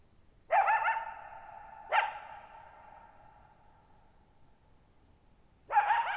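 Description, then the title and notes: Coyote calling with three sharp barks, the echo of each fading slowly over a quiet background. One lone coyote at night, July 14, 2019, Thirtymile Meadows, Okanogan National Forest, Okanogan High Country, Pacific Northwest, 6400 ft (1950 m), high dry plateau, shallow bowl-shaped meadow with boggy ground. "Lone Coyote at Thirtymile Meadows. I spent the night of July 14, 2019, camped near Thirtymile Meadows in the Okanogan National Forest at 6400 ft (1950 m)"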